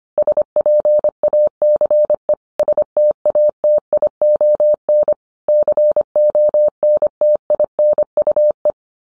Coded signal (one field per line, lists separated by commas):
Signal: Morse code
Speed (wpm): 25 wpm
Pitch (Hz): 600 Hz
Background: none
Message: SPACE STATION CONTINUE